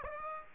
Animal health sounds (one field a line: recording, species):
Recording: mosquito wingbeat signal from an infrared sensor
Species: Aedes aegypti